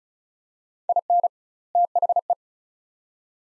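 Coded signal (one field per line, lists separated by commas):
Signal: Morse code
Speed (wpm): 36 wpm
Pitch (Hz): 700 Hz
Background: none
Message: IN THE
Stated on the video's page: Head-copy drill of two-word groups at 35 wpm with 2x word spacing, Farnsworth-like; each set sent, spoken, then sent again.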